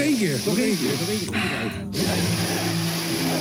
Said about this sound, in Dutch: Nog één keer. Nou, dus een hele snuif en een deprimerende plek. Een hele grote neus die flink snuift.